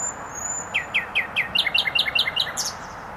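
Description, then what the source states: Nightingale song: a thin high whistle, then a series of quick descending chip notes repeated rapidly, ending in a brighter flourish, with traffic hum behind. Singing in bushes near a noisy motorway, Trasa Toruńska, Bródno-Podgrodzie, Warsaw, Poland; recorded with an Olympus LS-11.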